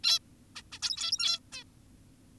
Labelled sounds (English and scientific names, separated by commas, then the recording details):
Zebra Finch (Taeniopygia guttata)
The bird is an adult
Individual g17y2U